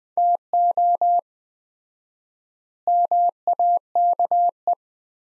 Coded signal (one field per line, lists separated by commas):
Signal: Morse code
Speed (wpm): 21 wpm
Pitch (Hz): 700 Hz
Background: none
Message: TO MAKE